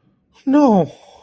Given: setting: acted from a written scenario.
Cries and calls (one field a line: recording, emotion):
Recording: vocal sound without words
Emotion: sadness